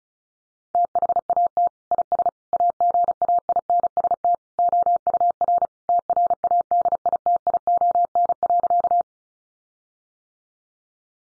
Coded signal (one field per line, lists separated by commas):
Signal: Morse code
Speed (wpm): 34 wpm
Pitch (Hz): 700 Hz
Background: none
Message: THAT IS AGAINST OUR TRADITION.